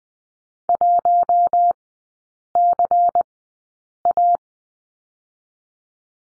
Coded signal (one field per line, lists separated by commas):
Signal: Morse code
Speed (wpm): 20 wpm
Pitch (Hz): 700 Hz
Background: none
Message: 1CA